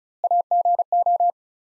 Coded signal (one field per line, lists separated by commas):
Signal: Morse code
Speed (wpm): 36 wpm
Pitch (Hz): 700 Hz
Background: none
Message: AGO